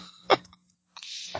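One short, forceful, bad cough bursts out near the start from an adult man who feels unwell. Quiet follows, then a stretch of soft, breathy hiss.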